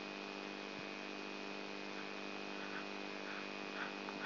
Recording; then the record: brain microelectrode recording played as sound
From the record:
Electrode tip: outside the subthalamic nucleus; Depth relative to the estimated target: -7 mm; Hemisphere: right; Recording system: AlphaMap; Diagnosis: Parkinson's disease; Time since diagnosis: 12 years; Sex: female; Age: 59 years